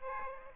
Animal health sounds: mosquito wingbeat signal from an infrared sensor; Aedes aegypti

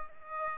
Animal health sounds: mosquito wingbeat signal from an infrared sensor; Aedes aegypti

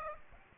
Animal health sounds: mosquito wingbeat signal from an infrared sensor; Aedes aegypti

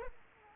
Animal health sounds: mosquito wingbeat signal from an infrared sensor; Aedes aegypti

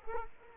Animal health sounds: mosquito wingbeat signal from an infrared sensor; Culex quinquefasciatus

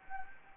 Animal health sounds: mosquito wingbeat signal from an infrared sensor; Anopheles gambiae

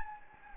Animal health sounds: mosquito wingbeat signal from an infrared sensor; Anopheles gambiae

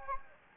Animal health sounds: mosquito wingbeat signal from an infrared sensor; Anopheles gambiae

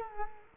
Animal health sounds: mosquito wingbeat signal from an infrared sensor; Culex quinquefasciatus

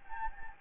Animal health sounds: mosquito wingbeat signal from an infrared sensor; Anopheles gambiae

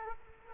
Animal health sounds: mosquito wingbeat signal from an infrared sensor; Aedes aegypti

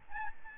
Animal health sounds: mosquito wingbeat signal from an infrared sensor; Aedes albopictus

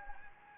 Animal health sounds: mosquito wingbeat signal from an infrared sensor; Anopheles gambiae

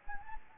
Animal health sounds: mosquito wingbeat signal from an infrared sensor; Anopheles gambiae

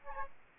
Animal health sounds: mosquito wingbeat signal from an infrared sensor; Aedes albopictus

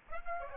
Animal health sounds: mosquito wingbeat signal from an infrared sensor; Aedes aegypti

